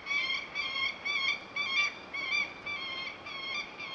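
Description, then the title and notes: Peregrine falcon calls: harsh, harmonic-rich notes repeated about twice a second in a steady series, with a faint background hiss. Recordings made in various parts of the world. "Verso del falco pellegrino. Angolo dei Bimbi"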